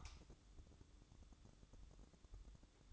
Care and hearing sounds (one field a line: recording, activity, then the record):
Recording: daily activity, microphone in the room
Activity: light on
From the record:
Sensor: 3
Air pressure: 1007.9 hPa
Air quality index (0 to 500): 107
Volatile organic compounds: 1 ppm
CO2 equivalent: 892 ppm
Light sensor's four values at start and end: 9/22/9/9 and 16/43/19/16